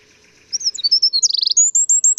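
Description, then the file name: Eurasian wren song: a brisk high phrase of jerky whistled notes, a short trill, then evenly spaced sharp high notes repeated rapidly. "Troglodytes troglodytes"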